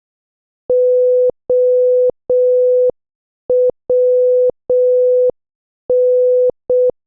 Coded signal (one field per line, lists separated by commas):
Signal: Morse code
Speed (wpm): 6 wpm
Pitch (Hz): 500 Hz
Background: none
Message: OWN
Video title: 14. Morse Code Challenge | Practice with your favorite Movie Dialogues | 6 WPM